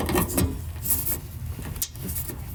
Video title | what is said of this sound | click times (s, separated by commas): SVT Raptor - Retrax Pro XR - Truck Bed Cover Install & Pace Edwards SwitchBlade Issues & Removal | okay that one I heard a little bit of a click but I don't think that's | 1.8 s